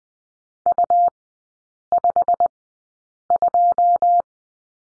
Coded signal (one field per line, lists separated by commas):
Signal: Morse code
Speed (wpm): 20 wpm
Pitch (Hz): 700 Hz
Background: none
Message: U52